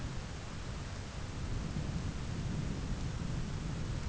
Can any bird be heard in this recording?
no